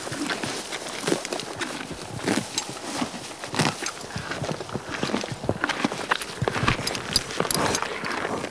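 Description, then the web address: Horse munching grass, with repeated sharp crunches and tearing sounds in quick succession. "horse eating grass"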